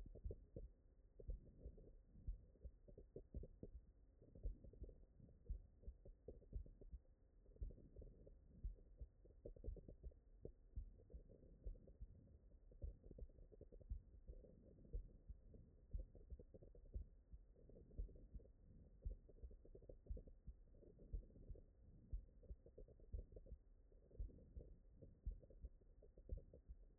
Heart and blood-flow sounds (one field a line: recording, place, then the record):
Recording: heart sounds by stethoscope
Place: mitral valve (MV)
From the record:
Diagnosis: non-HFrEF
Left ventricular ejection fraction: 65%